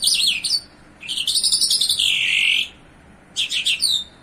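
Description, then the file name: Bimaculated lark song: quick high chirps, then a long buzzy trill that slides downward, followed by another short burst of twittering notes. Recorded in Iran. "iranian sound bimaculated lark"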